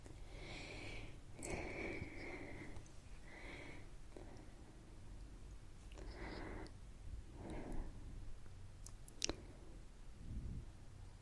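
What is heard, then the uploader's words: Wet mouth sounds come in short bursts, each with a bright hissing edge, a few every couple of seconds. Between them there is a quiet breathy murmur, with a sharp click near nine seconds and a low soft thud near the end. ASMR Intense Mouth Sounds with New Mic.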